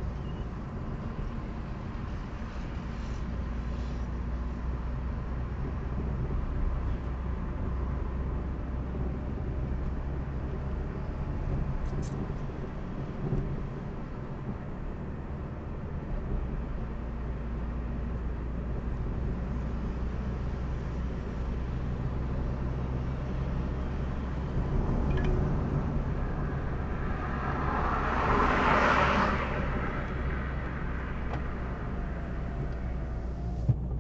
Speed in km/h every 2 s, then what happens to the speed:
33, 35, 37, 37, 39, 41, 43, 45, 46, 48, 49, 52, 53, 51, 50, 48, 46.
0-22 speeds up to 52. 22-34 steady at about 50.